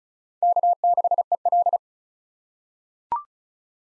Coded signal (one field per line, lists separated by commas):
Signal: Morse code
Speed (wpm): 36 wpm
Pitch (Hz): 700 Hz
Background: none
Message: K6EL